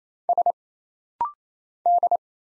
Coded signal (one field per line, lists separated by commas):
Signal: Morse code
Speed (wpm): 27 wpm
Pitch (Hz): 700 Hz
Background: none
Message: S D